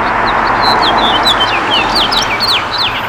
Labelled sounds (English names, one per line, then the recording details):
House Finch song
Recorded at East Hampton on Long Island, New York, on 15 June 2013
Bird A